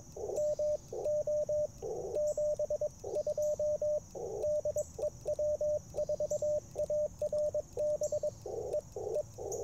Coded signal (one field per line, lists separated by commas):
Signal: Morse code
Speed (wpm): 22 wpm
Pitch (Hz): 600 Hz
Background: radio noise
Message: MO 72 DE W4ARB E E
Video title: Morning Morse Code - 10/05/2024